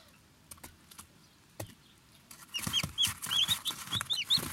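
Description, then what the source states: Small birds' high twittering chirps start after a quiet opening of scattered clicks, then build into dense overlapping calls mixed with rustling noise. Several small birds.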